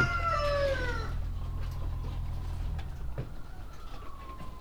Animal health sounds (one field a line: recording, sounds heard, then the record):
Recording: poultry house recording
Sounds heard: healthy chickens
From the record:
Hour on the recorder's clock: 18